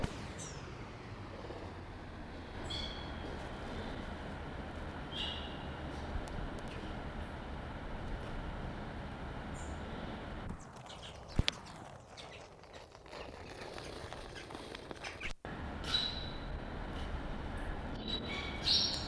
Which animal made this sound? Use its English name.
Tiger